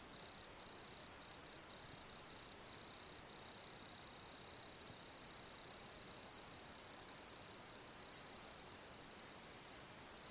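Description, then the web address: Cricket chirping: a steady high, thin trill held almost without a break, with a few short pauses, over a constant hiss of background noise. Crickets in a beech forest woodland. "bosco grilli in faggeta"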